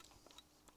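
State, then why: Not seated. The last wiring-harness connector is being handled at the CarPlay interface box while adding CarPlay and Android Auto to an Audi A6/S6/RS6; the connector only fits one way. A few faint, brief plastic handling taps and rustles sound over a quiet background, most noticeably around 0.3, 0.4 and 0.7 seconds. The connector has not seated or clicked in yet.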